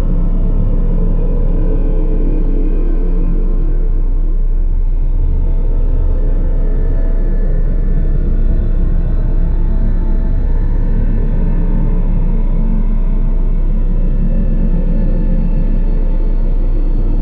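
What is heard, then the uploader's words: A dark cathedral ambience: a deep, steady rumble fills the low end, with a dull resonant hum layered above it. The texture stays dense and unchanging for the whole stretch, with no distinct events, only a faint, muted wash higher up. Dark cathedral ambience. Sci Fi Cathedral.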